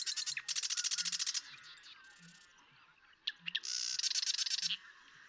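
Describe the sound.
Marsh Wren song: a dry, rapid rattling trill of about a second, followed after a pause by clicky introductory notes and a second buzzy trill, over a faint steady background.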